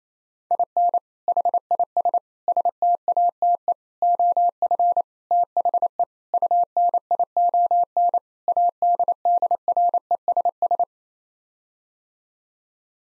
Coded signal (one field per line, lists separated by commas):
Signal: Morse code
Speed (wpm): 28 wpm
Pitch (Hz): 700 Hz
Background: none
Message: IN HIS STATE OF THE UNION ADDRESS